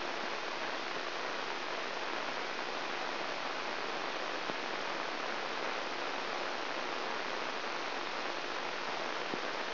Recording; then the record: brain microelectrode recording played as sound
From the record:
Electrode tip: inside the subthalamic nucleus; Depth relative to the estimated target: 1 mm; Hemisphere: left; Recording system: AlphaMap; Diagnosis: Parkinson's disease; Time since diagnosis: 19 years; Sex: female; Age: 64 years